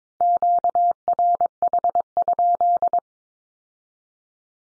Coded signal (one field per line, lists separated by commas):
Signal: Morse code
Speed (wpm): 22 wpm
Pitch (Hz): 700 Hz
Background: none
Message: QRH?